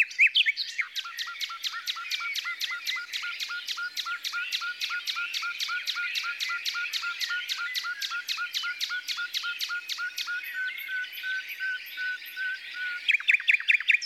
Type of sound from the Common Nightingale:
song